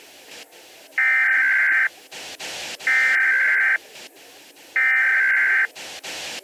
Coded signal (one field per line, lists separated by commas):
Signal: Emergency Alert System (SAME) tones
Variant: header bursts